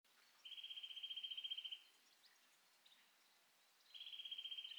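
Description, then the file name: Eurasian nuthatch giving a fast, even trill of rapid high pips, lasting over a second, then repeated after a pause of about two seconds. "Sitta europaea"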